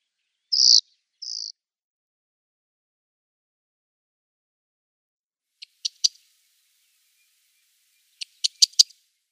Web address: Schulze Peter Corn Bunting calls